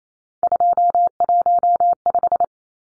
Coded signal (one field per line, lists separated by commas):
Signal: Morse code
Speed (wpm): 28 wpm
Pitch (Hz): 700 Hz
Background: none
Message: 215